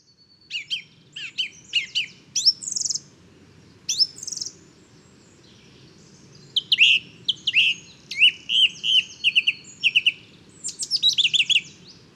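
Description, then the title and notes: Song thrush singing inventive phrases, single sharp notes repeated at first, then denser runs of whistles and twitters. Male singing at daybreak, 12 February 2019, in woodland; inventive, varied, virtuoso song; Nagra Seven recorder with Telinga Pro7 parabola. "Bois de chateau serein. j&#39;enregistre une magnifique Grive musicienne"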